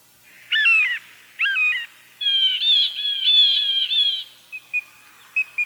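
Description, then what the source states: Blue Jay harsh calls: two separate squawks, then a longer run of calls, followed by a few short, soft notes. Midwestern bird known for its assortment of calls, including raucous, loud jeers.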